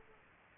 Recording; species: mosquito wingbeat signal from an infrared sensor; Aedes aegypti